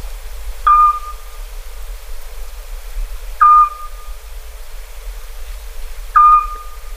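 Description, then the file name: Eurasian scops owl call: a single short low whistled note repeated about every two and a half to three seconds, steady in pitch, over faint background hiss. "Hibou Petit duc"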